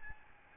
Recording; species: mosquito wingbeat signal from an infrared sensor; Aedes albopictus